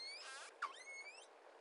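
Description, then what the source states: Pilot whale tonal call: a harmonic whistle, then a brief broken burst and a second whistle that rises, levels off and sweeps upward at the end. Call classified as type 28.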